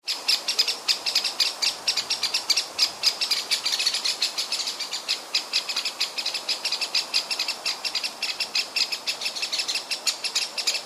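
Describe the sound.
Eurasian blackbird fussing with rapid, sharp clicking chinks, a steady stream of several per second throughout with no pauses.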